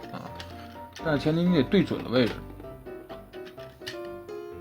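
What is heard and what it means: Someone handles a plastic chest plate, lining it up with the groove in the body of a transforming robot toy, while they talk over faint background music. A few light taps come near the start, and nothing has seated or clicked yet.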